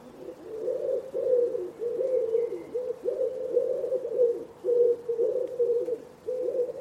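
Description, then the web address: Common Wood Pigeon cooing, a steady stream of strong, low, hollow notes grouped in phrases, with faint higher bird calls behind. Bird-only recording from a 2025 soundscape bird dataset. "cianscape. Deverinetal"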